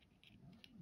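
A clip-retained part is handled and slid over during reassembly of an Okuma Avenger ABF40 spinning fishing reel, going onto the reel body. Short, soft handling rustles and light scrapes are heard. Nothing has seated or clicked yet.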